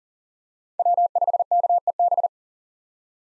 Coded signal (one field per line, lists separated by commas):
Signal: Morse code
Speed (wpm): 40 wpm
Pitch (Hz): 700 Hz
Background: none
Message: W5KEB